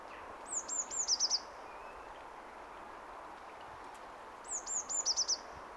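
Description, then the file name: Eurasian blue tit call, high-pitched downslurred notes leading into a rapid trill, repeated twice about four seconds apart above a quiet hissing background. "Cyanistes caeruleus"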